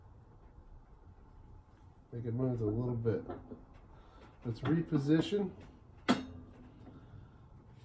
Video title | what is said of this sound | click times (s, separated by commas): 1981 CJ7 Steering Shaft Dust Boot Replacement | it again you heard that snap huh | 6.1 s